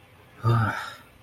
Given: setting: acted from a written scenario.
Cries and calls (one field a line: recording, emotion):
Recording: vocal sound without words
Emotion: relief